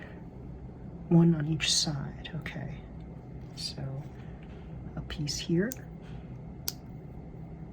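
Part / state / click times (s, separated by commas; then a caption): plastic building brick onto brick model / seated / 6.7 s. A small plastic building brick is pressed onto a micro tank model made of plastic bricks while someone talks quietly. It seats with a sharp, loud click at 6.7 s.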